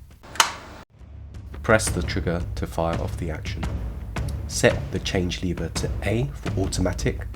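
With the trigger held down on an SA80 service rifle, the rifle is cocked and the trigger released, and the metal hammer engages the main sear with a sharp click at 0.4 s that should be felt and heard. After a short pause, someone talks for the rest of the clip.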